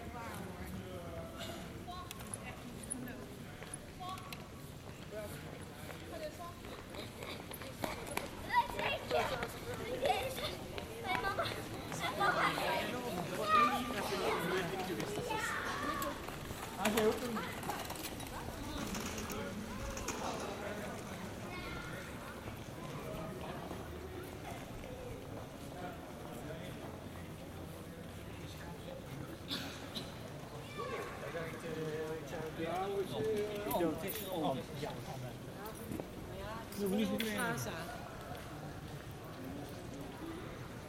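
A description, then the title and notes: Pedestrians talk and pass by in a busy open square, with overlapping voices, footsteps and occasional clatter from movers working in the background. Binnenhof Den Haag, March. Pedestrians on the Binnenhof. Movers working in the background.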